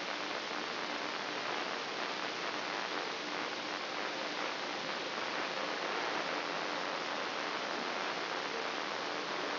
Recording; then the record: brain microelectrode recording played as sound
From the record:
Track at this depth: outside the subthalamic nucleus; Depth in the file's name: 8.104 mm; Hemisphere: left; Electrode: 3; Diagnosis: Parkinson's disease